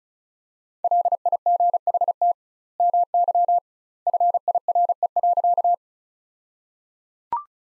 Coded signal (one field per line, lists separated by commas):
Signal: Morse code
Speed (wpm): 34 wpm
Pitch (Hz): 700 Hz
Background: none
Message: LIGHT MY FIRE.